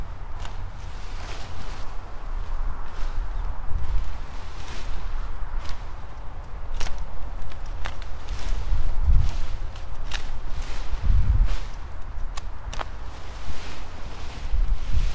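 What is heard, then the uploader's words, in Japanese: Sweet potato vines are cut at the base, with sharp irregular snips and rustling foliage over steady low rumble, heavier thumps around nine and eleven seconds. やっと晴れて、サツマイモツル切り。久しぶりの青空を見ながらの昼間、サツマイモ収穫準備で伸びたツルを株元から切っていきます。よく研いだ鎌で一切り。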